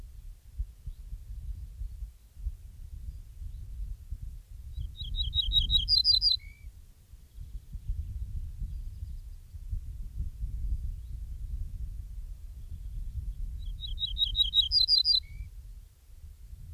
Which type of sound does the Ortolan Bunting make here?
song